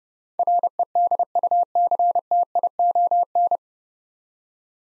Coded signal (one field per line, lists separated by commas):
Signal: Morse code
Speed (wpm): 30 wpm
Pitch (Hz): 700 Hz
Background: none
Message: REDUCTION